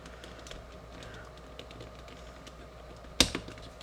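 A plastic internal piece is forced over into position on the core of a twisty pyramid puzzle during reassembly, with faint small ticks and handling noise beforehand. A sharp, loud click at 3.2 s, followed by a softer one at about 3.4 s, marks the piece clicking into place and seating.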